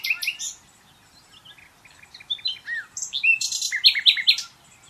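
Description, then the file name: Common nightingale producing varied warbling phrases with slurred whistles, then a dense, loud crackling trill near the end. "Luscinia megarhynchos"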